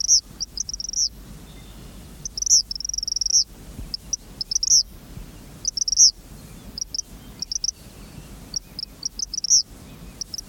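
Eastern kingbird giving repeated bursts of high, sputtering ticks and buzzy notes, with short pauses between bursts.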